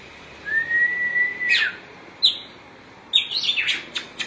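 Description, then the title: Oriental magpie-robin producing a long, clear whistle that rises slightly, followed by sharp chirps and a quick cluster of varied high notes. "Suara Kicauan Burung Kacer"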